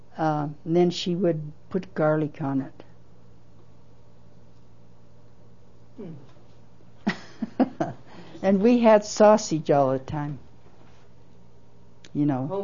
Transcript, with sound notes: Um, then she would put garlic on it. (laughs) And we had sausage all the time, you know.